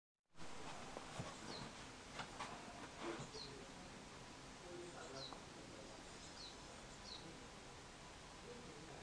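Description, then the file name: Bird calls: several short, high, descending notes, faint over hissing background noise. "wild bird"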